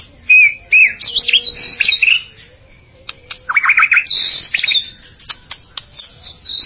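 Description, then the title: White-rumped shama singing bright, fluty whistles and rapid slurred trills, high and varied, with short pauses and scattered sharp clicks between phrases. "Kicau Murai Batu"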